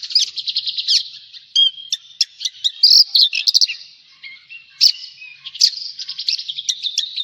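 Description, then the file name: Javan bush lark song mixing quick high trills, sharp chirps and a few thin drawn-out whistles in an irregular sequence. "suara burung branjangan jawa"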